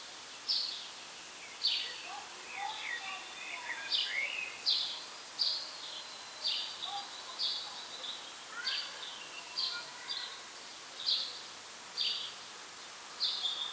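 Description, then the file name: House sparrow calls: a lively run of many sharp chirps in quick succession, with some softer chattering notes mixed in, over faint steady background noise. "Passer domesticus"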